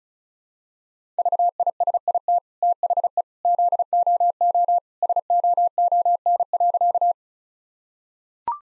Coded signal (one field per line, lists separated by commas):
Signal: Morse code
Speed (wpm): 34 wpm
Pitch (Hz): 700 Hz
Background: none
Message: VISIT THE ZOO SOON.